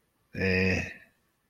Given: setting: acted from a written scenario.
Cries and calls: vocal sound without words; neutral

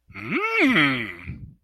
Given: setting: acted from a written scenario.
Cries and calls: vocal sound without words; interest

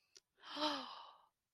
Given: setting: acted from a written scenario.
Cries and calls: vocal sound without words; romantic love

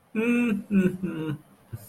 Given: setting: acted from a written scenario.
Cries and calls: vocal sound without words; sadness

